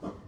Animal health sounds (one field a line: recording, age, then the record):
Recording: pig call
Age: growing-finishing pig (85 days or more)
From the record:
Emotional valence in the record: positive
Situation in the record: run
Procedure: transit